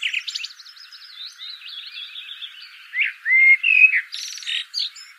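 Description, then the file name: Common blackbird opening with a thin, scratchy twitter, then a clear rich whistled phrase and a final burst of high squeaky notes. "Turdus merula"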